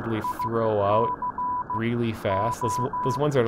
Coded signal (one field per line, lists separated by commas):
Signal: Morse code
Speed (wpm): 15 wpm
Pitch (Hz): 990 Hz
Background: speech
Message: ICO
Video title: (It's Winter, Shortwave Radio) LudoCrypto 1 Year Anniversary